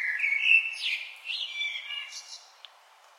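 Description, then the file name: Common blackbird song fragment: rich fluty notes sliding up and down, trailing into fainter high squeaks. "Turdus merula"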